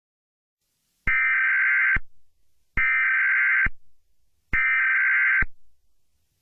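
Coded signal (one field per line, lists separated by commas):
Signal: Emergency Alert System (SAME) tones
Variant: header bursts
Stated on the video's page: Fictional EAS scenario using valid EAS tones.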